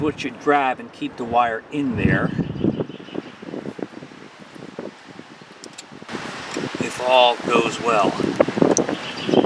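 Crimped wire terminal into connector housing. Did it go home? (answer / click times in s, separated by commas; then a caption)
yes / 8.8 s. Someone talks while a crimped wire terminal, for a Wheel Horse that won't start, is pushed back into its plastic connector housing. Scattered soft handling ticks lead up to a sharp click at 8.8 s as the retaining tab locks, and the terminal is seated and judged good.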